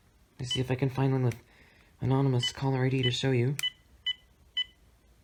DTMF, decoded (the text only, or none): none